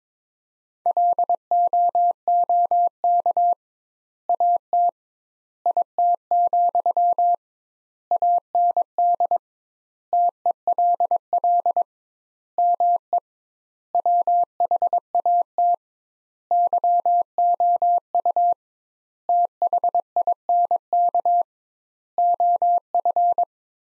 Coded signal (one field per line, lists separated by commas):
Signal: Morse code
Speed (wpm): 22 wpm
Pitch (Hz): 700 Hz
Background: none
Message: LOOK AT IT, AND TELL ME WHAT YOU THINK OF